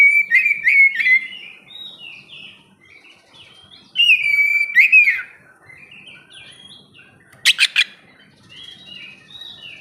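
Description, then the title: Oriental magpie-robin song: loud bursts of rich whistled and slurred notes, with quieter warbling between phrases and a couple of sharp click-like bursts late on. "kacer"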